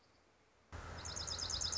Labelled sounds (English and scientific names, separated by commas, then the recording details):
Dark-eyed Junco (Junco hyemalis)
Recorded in Sonoma County, California